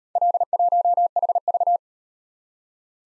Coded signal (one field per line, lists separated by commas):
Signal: Morse code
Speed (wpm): 38 wpm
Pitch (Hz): 700 Hz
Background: none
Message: L1HV